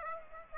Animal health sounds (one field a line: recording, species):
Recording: mosquito wingbeat signal from an infrared sensor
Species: Aedes aegypti